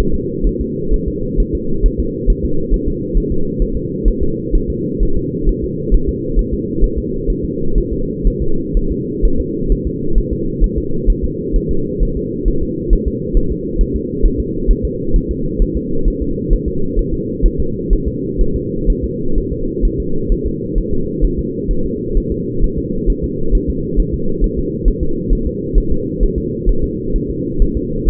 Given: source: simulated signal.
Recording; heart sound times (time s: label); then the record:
fetal heart sounds
0.14 s: S2
0.47 s: S1
0.61 s: S2
0.94 s: S1
1.08 s: S2
1.40 s: S1
1.55 s: S2
1.86 s: S1
2.00 s: S2
2.30 s: S1
2.45 s: S2
2.74 s: S1
2.88 s: S2
3.17 s: S1
3.32 s: S2
3.62 s: S1
3.77 s: S2
4.08 s: S1
4.23 s: S2
4.55 s: S1
4.70 s: S2
5.03 s: S1
5.17 s: S2
5.49 s: S1
5.64 s: S2
5.95 s: S1
6.09 s: S2
6.39 s: S1
6.53 s: S2
6.84 s: S1
6.98 s: S2
7.30 s: S1
7.45 s: S2
7.78 s: S1
7.93 s: S2
8.28 s: S1
8.42 s: S2
8.77 s: S1
8.92 s: S2
9.25 s: S1
9.40 s: S2
9.72 s: S1
9.87 s: S2
10.18 s: S1
10.33 s: S2
10.64 s: S1
10.78 s: S2
11.10 s: S1
11.24 s: S2
11.56 s: S1
11.71 s: S2
12.03 s: S1
12.17 s: S2
12.48 s: S1
12.63 s: S2
12.93 s: S1
13.08 s: S2
13.37 s: S1
13.52 s: S2
13.81 s: S1
13.96 s: S2
14.26 s: S1
14.40 s: S2
14.71 s: S1
14.85 s: S2
15.16 s: S1
15.31 s: S2
15.62 s: S1
15.77 s: S2
16.08 s: S1
16.22 s: S2
16.53 s: S1
16.68 s: S2
16.99 s: S1
17.14 s: S2
17.46 s: S1
17.60 s: S2
17.93 s: S1
18.08 s: S2
18.41 s: S1
18.56 s: S2
18.90 s: S1
19.04 s: S2
19.38 s: S1
19.52 s: S2
19.85 s: S1
20.00 s: S2
20.32 s: S1
20.46 s: S2
20.78 s: S1
20.93 s: S2
21.25 s: S1
21.39 s: S2
21.71 s: S1
21.86 s: S2
22.17 s: S1
22.32 s: S2
22.64 s: S1
22.78 s: S2
23.10 s: S1
23.24 s: S2
23.55 s: S1
23.70 s: S2
24.00 s: S1
24.14 s: S2
24.44 s: S1
24.58 s: S2
24.88 s: S1
25.03 s: S2
25.33 s: S1
25.47 s: S2
25.78 s: S1
25.92 s: S2
26.23 s: S1
26.38 s: S2
26.69 s: S1
26.84 s: S2
27.16 s: S1
27.30 s: S2
27.62 s: S1
27.77 s: S2
28.09 s: S1
From the record:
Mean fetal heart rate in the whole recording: 130 bpm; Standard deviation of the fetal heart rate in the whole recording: 4 bpm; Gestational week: 38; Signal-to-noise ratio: -8.1 dB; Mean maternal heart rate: 72 bpm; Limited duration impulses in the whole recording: absent